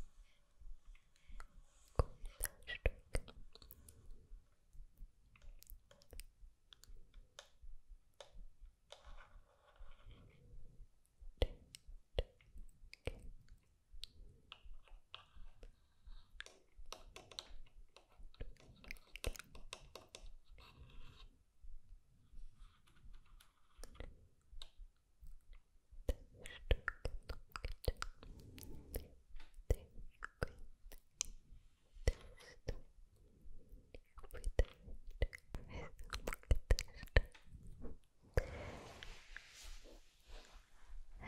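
Delicate unintelligible whispers mix with dense, irregular clicks and soft mouth sounds, growing busier and brighter after about 26 seconds.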